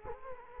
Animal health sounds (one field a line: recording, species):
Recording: mosquito wingbeat signal from an infrared sensor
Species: Culex quinquefasciatus